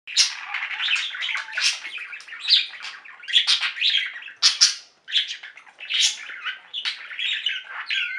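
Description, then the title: Budgerigar chattering in buzzy, scratchy bursts mixed with squeaky chirps and a few whistled notes, broken by one brief pause partway through. "Budgie Sounds"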